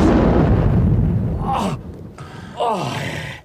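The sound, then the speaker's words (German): A deep, loud explosion rumble fills the first second and a half, slowly fading, followed by two strained gasps or groans from a person as the roar dies down. “Lauf zu den Bäumen rüber, falls noch mehr Explosionen kommen.”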